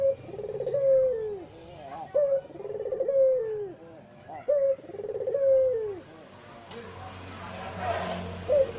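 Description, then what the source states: Barbary dove cooing three full trilled, falling phrases, then a hissing noise and the start of another coo. White Barbary dove ('puter putih'), masteran training song used in the Indonesian kicau mania songbird hobby for teaching songbirds.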